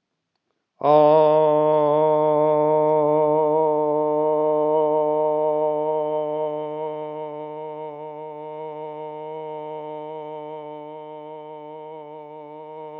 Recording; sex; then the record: sustained vowel /o/; male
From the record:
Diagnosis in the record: healthy control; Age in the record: 68 years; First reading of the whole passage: 60 s, 8.7 characters per second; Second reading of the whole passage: 55 s, 9.3 characters per second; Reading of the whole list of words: 43 s, 6.5 characters per second